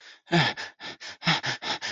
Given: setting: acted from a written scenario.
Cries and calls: vocal sound without words; fear

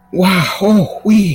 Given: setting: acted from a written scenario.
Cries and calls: vocal sound without words; elation

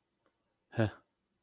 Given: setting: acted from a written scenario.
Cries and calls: vocal sound without words; neutral

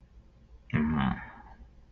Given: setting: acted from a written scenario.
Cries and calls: vocal sound without words; disappointment

